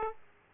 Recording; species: mosquito wingbeat signal from an infrared sensor; Aedes aegypti